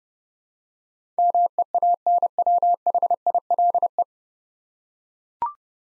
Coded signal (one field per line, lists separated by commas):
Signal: Morse code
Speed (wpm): 31 wpm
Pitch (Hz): 700 Hz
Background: none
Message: MEANWHILE